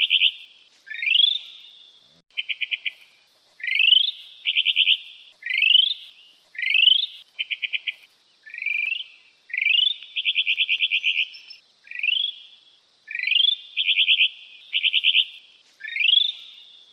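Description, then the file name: Mockingbird singing a long series of alternating rising whistled slurs and quick buzzy trills, each phrase roughly a second long, with a quiet background. "mockingbird ekorpanjang"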